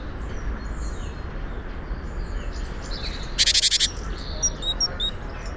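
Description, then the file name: Great tit giving one brief rattle of quick harsh pulses midway through, with soft high twitters around it. "Parus major"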